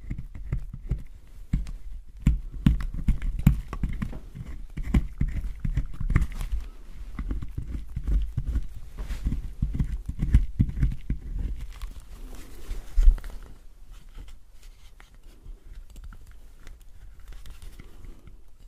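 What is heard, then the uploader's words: Soap is being cut and carved, with dense, rapid, uneven scraping and crumbling strokes that are full and low in tone. The cutting runs busy through about thirteen seconds, with a sharp knock near the end, then thins to sparse, quieter scrapes. ASMR Soap Carving. Relaxing soap cutting sounds.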